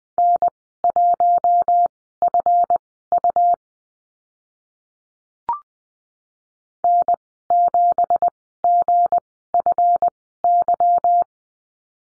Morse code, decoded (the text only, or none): N1FU N7GFY